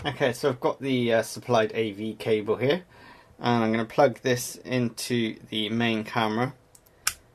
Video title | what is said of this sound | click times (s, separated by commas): BlackVue DR550GW 2CH WiFi на английском | it just pushes in with a nice solid click and that cables in there really well | 7.1 s